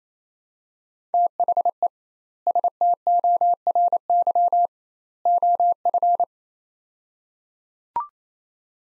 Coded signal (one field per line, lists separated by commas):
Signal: Morse code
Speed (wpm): 28 wpm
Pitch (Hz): 700 Hz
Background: none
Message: THE STORY OF